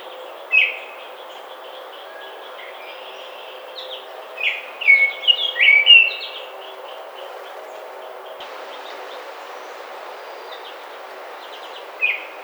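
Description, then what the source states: Baltimore oriole giving a short burst of clear whistled notes around the middle, with a few isolated chirps before and after over steady background hiss. Recorded 29 May 2009.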